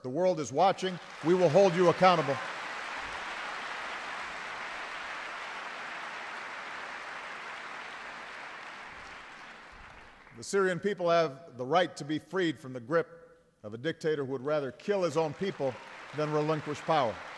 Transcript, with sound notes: The world is watching; we will hold you accountable. (Applause.) The Syrian people have the right to be freed from the grip of a dictator who would rather kill his own people than relinquish power.